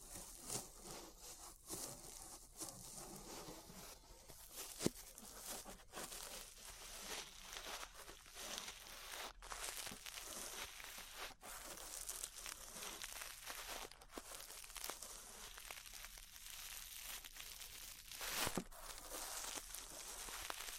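Ear brushing: a continuous scratchy, crinkly rustle of bristles sweeping back and forth, bright and hissy with little low end. The strokes come in uneven bursts with brief gaps, and a few sharper clicks stand out near 5 and 18 seconds.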